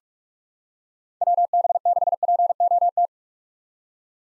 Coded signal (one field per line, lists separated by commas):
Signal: Morse code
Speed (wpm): 48 wpm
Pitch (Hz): 700 Hz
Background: none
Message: WB6POT